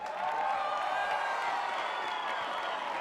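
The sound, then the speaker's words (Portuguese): A crowd at a 1999 costume ball claps and cheers for Mr. Coulson and Miss Knox in a steady, dense roar of applause with scattered whoops, holding at an even loudness for about three seconds. “Senhoras e senhores, palmas para o senhor Coulson e a senhorita Knox.”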